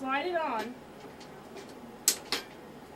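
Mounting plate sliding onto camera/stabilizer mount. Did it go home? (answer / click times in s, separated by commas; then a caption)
yes / 2.1 s. Someone talks, then a camera mounting plate is slid onto the camera/stabilizer mount and clicks into place at 2.1 s, with a second, softer sharp sound at about 2.3 s. The part is seated, to be twisted afterward to lock it.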